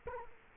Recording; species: mosquito wingbeat signal from an infrared sensor; Culex quinquefasciatus